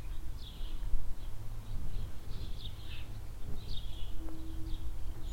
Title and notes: Hoscheid - Barn Yard Swallows. At a barn yard in the centre of the village. Swallows flying under the roof of the shed. Mellow wind. Recorded in the early afternoon in spring time